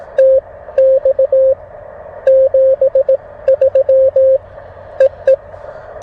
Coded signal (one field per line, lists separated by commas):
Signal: Morse code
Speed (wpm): 18 wpm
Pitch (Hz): 530 Hz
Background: radio noise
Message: TX 73 EE